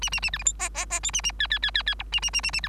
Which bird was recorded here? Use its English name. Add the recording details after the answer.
Bengalese Finch. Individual Bird3